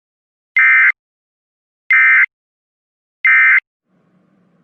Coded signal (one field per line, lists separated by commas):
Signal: Emergency Alert System (SAME) tones